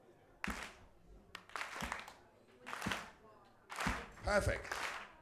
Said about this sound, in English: I forget my music and I had an idea, maybe you can clap? Oh no, no, stop. Okay, maybe we can clap all together.